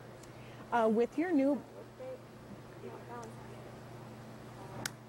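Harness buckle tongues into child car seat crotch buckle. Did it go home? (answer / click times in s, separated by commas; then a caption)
yes / 4.9 s. Someone talks while the harness buckle tongues on a child car seat are pushed into its crotch buckle. A sharp click is heard at 4.9 s as both tongues seat. The buckle is fastened and the result is approved.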